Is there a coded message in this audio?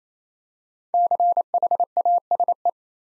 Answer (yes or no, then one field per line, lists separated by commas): yes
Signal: Morse code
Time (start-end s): 0.9-2.7 s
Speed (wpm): 27 wpm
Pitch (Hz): 700 Hz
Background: none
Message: CHASE